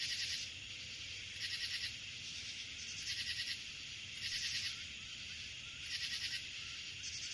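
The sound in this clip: Crickets chirping: several short, bright pulsed trills against a continuous high-pitched insect hum.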